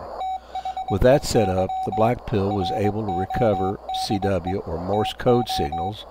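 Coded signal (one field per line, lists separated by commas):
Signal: Morse code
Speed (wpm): 21 wpm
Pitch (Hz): 760 Hz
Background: speech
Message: THEY RODE TO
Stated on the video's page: CW from a homebuilt 4-band SDR transceiver using an STM32F411, a Tayloe mixer and an Si5351 carrier oscillator.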